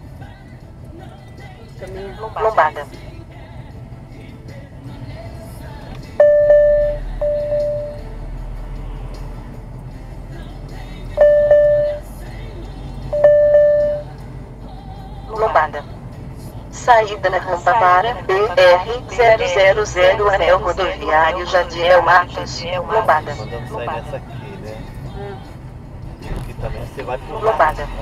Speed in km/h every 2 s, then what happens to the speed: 23, 24, 26, 27, 28, 31, 33, 34, 37, 40, 41, 33, 26, 30.
0-19 speeds up to 41. 19-24 slows to 26.